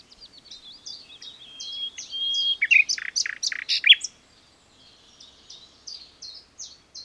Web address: SETE data Luscinia megarhynchos